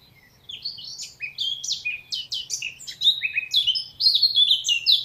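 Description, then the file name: Eurasian blackcap singing a fast, varied warble of high chattering and whistled notes that grows louder toward the end, over a faint low hum. "Sylvia atricapilla"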